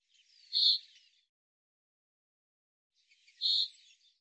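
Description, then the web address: Bird giving two softer, rasping high calls about three seconds apart, with quiet flutters of sound around each note. "Deverinetal 2025 File cleaned normalized Bird Fr Co"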